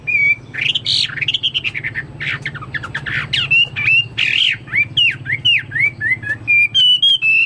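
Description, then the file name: Chinese hwamei song mixing loud, buzzy squawks with clear whistled phrases and repeated short whistles. "omkicau hwamei"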